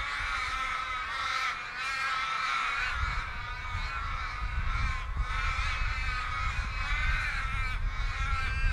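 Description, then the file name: Crows in a steady overlapping chorus of raspy cawing calls, with a low rumble of background noise that grows in the second half. A group of crows at Yellagonga. "Murder Of Crows at Yellagonga"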